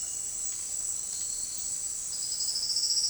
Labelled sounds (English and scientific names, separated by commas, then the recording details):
Silvered Antbird (Sclateria naevia)
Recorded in dense forest near Puerto Asís, Putumayo, Colombia, on 18 February 2024 at 17:30
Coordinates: 0.500, -76.322
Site G6465